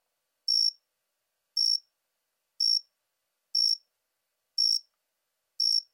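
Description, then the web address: Jumping bush cricket song, a crisp high chirp given about once per second, six evenly spaced pulses over a quiet background. "Crickets and Katydids. Jumping Bush Cricket, Orocharis saltator"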